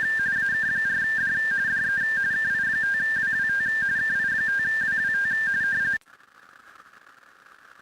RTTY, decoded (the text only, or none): AK4D DE KI5WWT KI5WWT